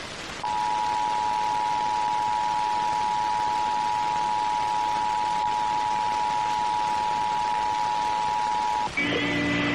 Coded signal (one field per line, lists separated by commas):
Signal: Emergency Alert System (SAME) tones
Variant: 853 and 960 Hz attention tone